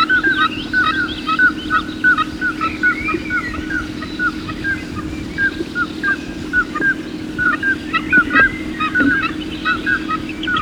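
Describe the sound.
Bird song: short whistled notes repeated in a quick, uneven series, with scattered higher chirps from other birds and a steady low hum underneath.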